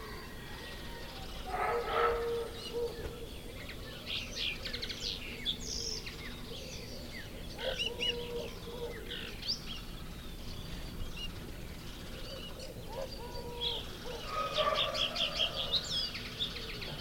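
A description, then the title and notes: Birds chirp and warble in quick, bright bursts throughout, busiest near two seconds and again around fourteen to sixteen seconds. Lower, rounded calls appear near eight and thirteen seconds, with a steady low rumble and faint voices underneath. The gentle cooing of doves to the playful warbling of canaries.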